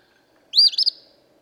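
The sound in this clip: Eastern phoebe delivering a single raspy, stuttered phrase with a trailing buzz, then a brief faint chip.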